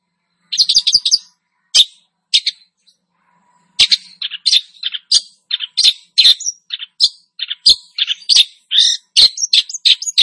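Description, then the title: Long-tailed Shrike song, a busy, varied chatter of shrill squeaks and rasping notes, starting hesitantly then running almost without a break. Bird described as "gacor", Indonesian term for a bird singing vigorously and continuously. "Cendet Gacor 2"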